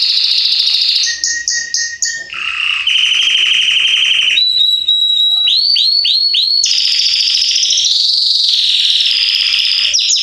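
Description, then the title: Belgian canary song: sustained high trills alternate with clipped repeated notes and looping upslurred whistles, delivered in one unbroken stream. Male Belgian canary singing a lot, used to warm up young canaries in 30 minutes; 'salsa estourado' song style. "Canrio Belga Salsa"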